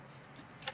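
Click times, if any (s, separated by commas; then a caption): 0.7 s. On a C4 Picasso 2.0 HDi with fault codes P0337 and 1208, a finger pushes the retaining clip of a clipped engine sensor or connector in its housing until it clicks open, so the part can be pulled out. A quiet, steady low background runs until a brief rise at 0.6 s and a sharp click at 0.7 s. The clip is released.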